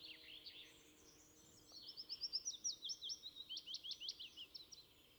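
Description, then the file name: Eurasian blackcap: songbird delivering a fast warbling phrase of repeated quick notes, rising in loudness mid-phrase, with steady background noise throughout. "Sylvia atricapilla"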